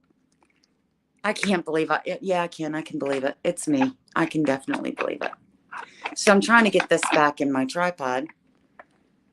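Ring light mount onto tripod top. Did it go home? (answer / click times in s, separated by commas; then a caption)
yes / 8.8 s. Someone talks while pushing a ring light mount back onto the top of a tripod, with a few faint ticks near the start. A single sharp click at 8.8 s marks the mount seating onto the tripod.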